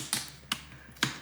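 A fingernail pries the plastic screen bezel (trim) off the display lid of a Lenovo IdeaPad 3 14ADA05 laptop during a screen replacement. After a first short sharp sound at 0.1 s, the bezel's retaining clips pop free with bright, sharp snaps at 0.5 s and 1.0 s. The clips come loose and the trim is released.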